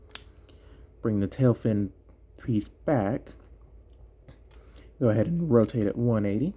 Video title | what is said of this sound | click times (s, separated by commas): Prepare for trouble...double trouble!#Transformers Revenge of the Fallen Vortex and Swindle | and push up the foot until it snaps into place. | 0.2 s